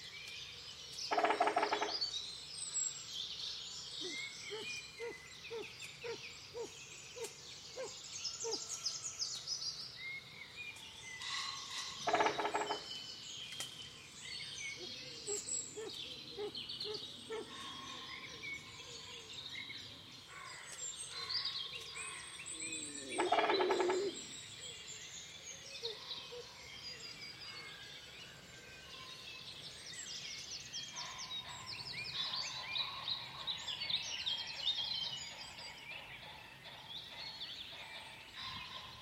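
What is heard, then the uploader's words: A dense dawn chorus of overlapping birdsong and chirps, broken by three loud bursts of rushing noise around 1, 12 and 23 seconds. Dawn chorus in the countryside. Calm morning in the English countryside. It's early spring so the dawn chorus is lush and varied, with plenty of birdsong filtering in through the mist.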